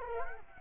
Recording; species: mosquito wingbeat signal from an infrared sensor; Culex quinquefasciatus